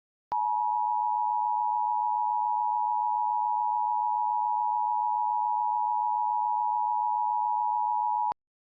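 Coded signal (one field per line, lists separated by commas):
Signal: Emergency Alert System (SAME) tones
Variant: 853 and 960 Hz attention tone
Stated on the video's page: Fictional EAS scenario, not a real alert.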